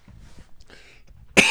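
A quiet pause, then a single abrupt, loud harsh cough burst from an adult man at the end.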